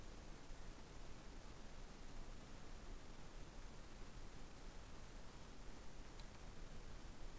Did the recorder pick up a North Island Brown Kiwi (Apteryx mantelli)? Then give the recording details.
no. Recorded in New Zealand on 13 December 2015. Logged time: 21:44. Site CL72